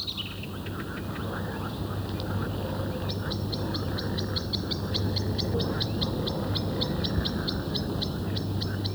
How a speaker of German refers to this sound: Zuweilen hört man im Frühjahr eine Amsel auch etwas abgehackt singen.